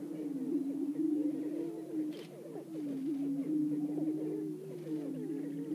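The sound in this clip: Greater prairie-chickens booming together, a steady low hooting drone overlaid by many wavering, cackling and whooping notes from several birds.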